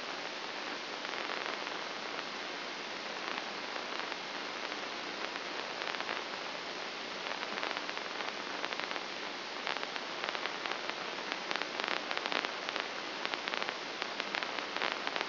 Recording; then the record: brain microelectrode recording played as sound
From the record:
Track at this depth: inside the subthalamic nucleus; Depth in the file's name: 2.235 mm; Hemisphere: left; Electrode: 2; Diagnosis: Parkinson's disease